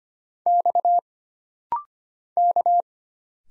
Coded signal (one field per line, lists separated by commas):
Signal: Morse code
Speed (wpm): 25 wpm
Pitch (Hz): 700 Hz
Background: none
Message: X K